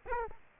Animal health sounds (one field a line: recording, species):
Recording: mosquito wingbeat signal from an infrared sensor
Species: Aedes aegypti